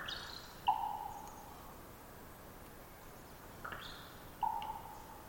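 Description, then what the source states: Common raven calling twice, each time a raspy twitter leading into a clear drawn-out pop, over continuous low background noise. Raven perched about 50 ft up, some distance away, giving its twittery-pop call: a long trilling twitter before the pop; recorded near an oyster hatchery across the bay.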